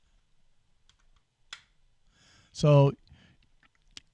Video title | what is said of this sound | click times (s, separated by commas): EVGA X17 FPS Wired ARGB Gaming Mouse Review | it starts to snap into place. Just like that. | 0.9 s, 1.5 s